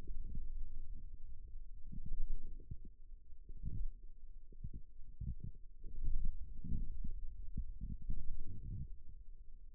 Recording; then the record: forearm muscle sounds (acoustic myography)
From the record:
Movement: radial deviation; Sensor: system 2, bracelet of six BSWA MPA416 microphones around the upper forearm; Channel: 3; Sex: male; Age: 22 years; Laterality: right